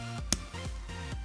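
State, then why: Seated. A metal pin is slid through the rejoined links of a metal watch band and pushed down with the back of needle-nose pliers, snapping into place with a sharp click at 0.3 s. Steady background music with a ticking beat plays throughout. The pin is seated in the link.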